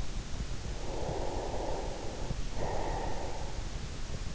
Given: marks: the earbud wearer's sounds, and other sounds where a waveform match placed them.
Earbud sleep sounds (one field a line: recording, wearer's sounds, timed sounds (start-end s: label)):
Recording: sounds in sleep by an in-ear microphone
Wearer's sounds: breath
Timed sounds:
0.60-3.59 s: breath